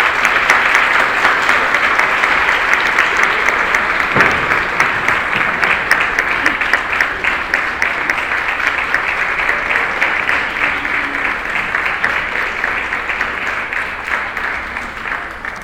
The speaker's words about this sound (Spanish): y me congratula mucho el poder anunciar que el día de hoy tenemos a 3 de las personas que participaron en este libro, y les pediría un aplauso para que nos acompañen aquí